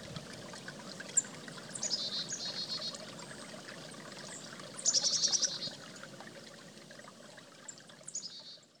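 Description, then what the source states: Chickadee calls, high thin notes leading into buzzy dee series, the louder bout near the middle, against a constant wash of flowing water. Recorded beside a creek.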